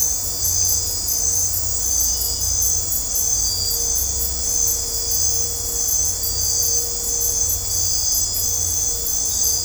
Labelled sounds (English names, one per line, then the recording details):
none
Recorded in dense forest near Puerto Asís, Putumayo, Colombia, on 22 December 2024 at 22:30
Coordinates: 0.503, -76.323
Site G043